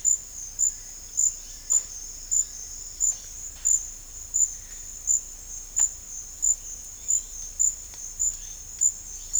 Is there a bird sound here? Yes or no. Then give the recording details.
yes. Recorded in dense forest near Puerto Asís, Putumayo, Colombia, on 18 December 2024 at 11:30. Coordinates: 0.484, -76.325. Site G056